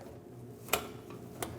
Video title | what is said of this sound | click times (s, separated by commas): How to Replace Fuel Pump Module Assembly 2016-2025 Chevrolet Malibu 1.5L L4 | Push it on until you hear a click. | 0.7 s